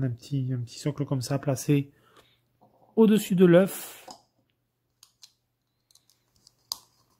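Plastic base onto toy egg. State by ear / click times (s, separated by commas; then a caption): seated / 6.7 s. A small plastic display base is pressed onto the top of a toy egg and clips on like a Lego brick. Someone talks, then faint light ticks follow. A sharp snap at 6.7 s marks the base clipping into place.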